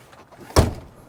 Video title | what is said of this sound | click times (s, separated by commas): 125,000 Miles Later Is the F150 3.5 EcoBoost Still Reliable? | There we go. Now it caught. | 0.6 s